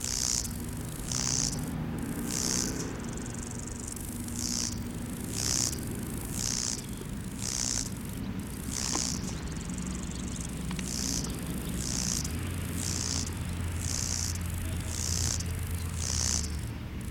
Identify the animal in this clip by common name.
Lesser Marsh Grasshopper